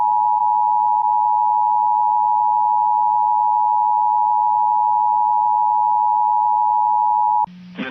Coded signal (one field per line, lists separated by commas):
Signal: Emergency Alert System (SAME) tones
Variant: 853 and 960 Hz attention tone